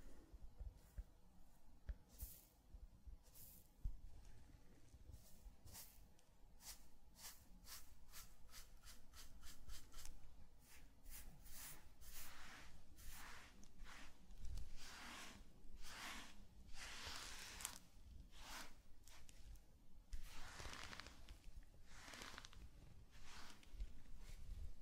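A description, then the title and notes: Sand being brushed and crinkled in a zen garden, with a steady run of short, bright scratchy strokes over a low, constant rumble. NO TALKING.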